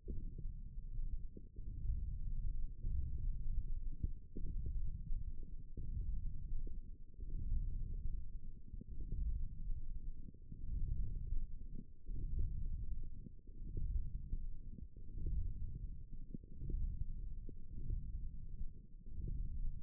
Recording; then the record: forearm muscle sounds (acoustic myography)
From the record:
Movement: wrist extension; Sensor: system 1, eight BSWA MPA416 microphones around the upper forearm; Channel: 4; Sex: female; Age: 22 years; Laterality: right